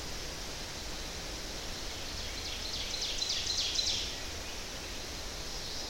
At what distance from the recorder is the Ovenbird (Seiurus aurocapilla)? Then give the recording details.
about 55 m. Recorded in boreal forest in Alberta, Canada, on 10 June 2016 at 08:55. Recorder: SongMeter 3, array SBT-3-39. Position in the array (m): 271 m, 158 m. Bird 19